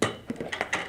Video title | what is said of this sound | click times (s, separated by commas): HFT 150™ Introduction–Setup and Alarms | and you'll just slide it into position like this until it clicks | 0.0 s